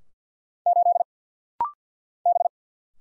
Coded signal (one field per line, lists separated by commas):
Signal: Morse code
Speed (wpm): 50 wpm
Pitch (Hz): 700 Hz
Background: none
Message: 8 B